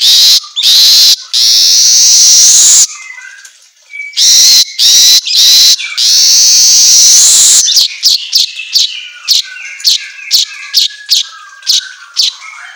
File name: Suara Kicau Manyar Kepala Emas Auto Gacor